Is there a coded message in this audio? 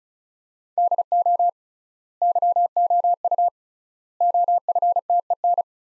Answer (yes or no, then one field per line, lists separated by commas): yes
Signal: Morse code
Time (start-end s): 0.8-5.6 s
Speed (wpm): 36 wpm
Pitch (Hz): 700 Hz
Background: none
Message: DO YOU OFTEN